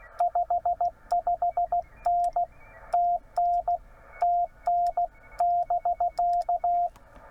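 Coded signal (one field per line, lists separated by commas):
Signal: Morse code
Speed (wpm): 16 wpm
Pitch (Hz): 700 Hz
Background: radio noise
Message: 55N TN TN <BK>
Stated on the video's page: Morse from a park activation (POTA) at Haynes Bottom, Tennessee, run on a 12 V battery with RG-316 coax.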